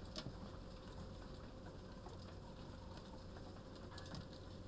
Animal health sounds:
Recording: poultry house recording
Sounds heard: healthy chickens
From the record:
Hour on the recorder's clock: 14

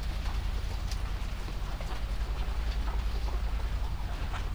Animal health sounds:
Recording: poultry house recording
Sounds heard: sick chickens (respiratory disease)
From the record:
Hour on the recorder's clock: 19

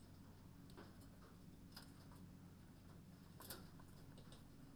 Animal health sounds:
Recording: poultry house recording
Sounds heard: no chicken sound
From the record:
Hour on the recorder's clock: 23

